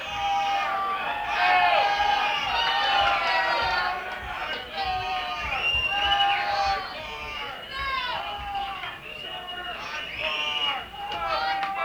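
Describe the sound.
A crowd cheers and shouts for a band, many overlapping high-pitched voices whooping in a steady, loud roar that rises and falls slightly; any clapping is buried under the yelling.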